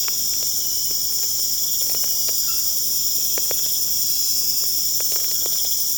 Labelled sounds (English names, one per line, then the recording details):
none
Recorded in pastures near Puerto Asís, Putumayo, Colombia, on 23 June 2025 at 22:30
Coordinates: 0.496, -76.326
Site GP01